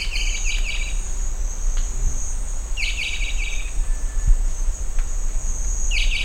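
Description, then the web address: Rondonia bushbird calls: quick rattling buzzes repeated three times in a few seconds, over a steady high insect whine. "sound Rondônia-bushbird"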